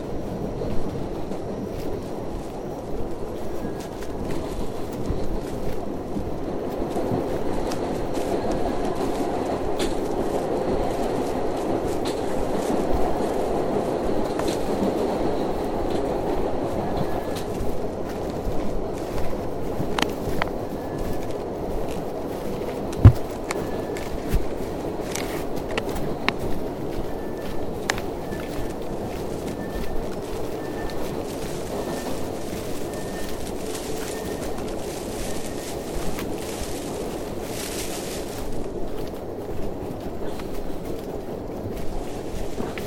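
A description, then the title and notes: A rainforest hike with a steady low rumble and faint thin insect tones, broken by occasional sharp snaps and rustles near footsteps. Hike in Tambopata Reserve rainforest, Peru.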